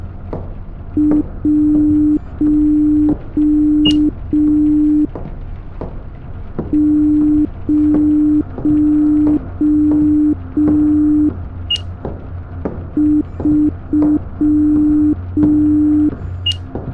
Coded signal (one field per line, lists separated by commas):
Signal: Morse code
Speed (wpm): 5 wpm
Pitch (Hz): 300 Hz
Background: none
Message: 1 0 3